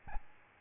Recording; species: mosquito wingbeat signal from an infrared sensor; Aedes albopictus